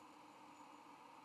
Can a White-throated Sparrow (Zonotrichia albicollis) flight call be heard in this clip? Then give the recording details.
no. No flight call is heard. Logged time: 08:26 on 23 November 2014